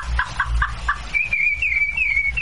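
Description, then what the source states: Thrush song: a few short notes, then a clear, high whistled phrase that wavers up and down, with low background rumble. Played on a radio quiz for listeners to identify; said to wake people at 4 in the morning.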